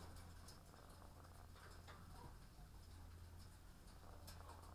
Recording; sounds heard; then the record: poultry house recording; sick chickens (respiratory disease)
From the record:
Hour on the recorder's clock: 18